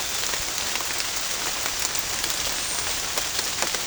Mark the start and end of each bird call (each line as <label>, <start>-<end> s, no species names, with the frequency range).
bird call (8.0-9.9 kHz), 2.46-3.08 s